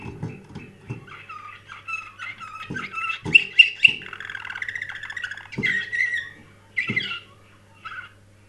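Canary song: varied phrases of sweet whistles and quick trills, with a bright three-note flourish mid-way, over a low steady hum and occasional dull knocks.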